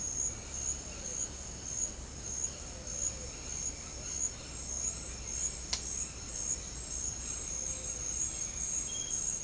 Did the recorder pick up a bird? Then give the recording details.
no. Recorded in pastures near Puerto Asís, Putumayo, Colombia, on 12 March 2025 at 17:30. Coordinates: 0.502, -76.324. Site GP07